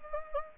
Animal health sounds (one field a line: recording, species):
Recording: mosquito wingbeat signal from an infrared sensor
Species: Anopheles gambiae